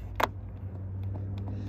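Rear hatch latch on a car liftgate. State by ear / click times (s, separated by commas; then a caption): not seated / none. The broken rear hatch latch on the liftgate of a 2015 Scion tC is worked by hand, with a loud handling knock at about 0.2 s and softer taps around 1.0–1.5 s over a steady low hum. The latch has not clicked, so nothing has seated yet.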